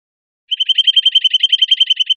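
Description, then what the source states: Bird trill: rapid, evenly spaced high chips delivered steadily for under two seconds on a nearly flat pitch, with a quiet background. Costa Rica.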